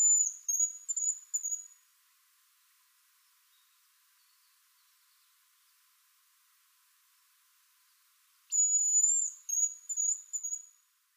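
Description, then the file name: Hazel grouse giving very high, thin whistled phrases, one burst at the start and another after several seconds of silence. Recorded at Furano on 20 April 2016. "ezoraicho furano cf"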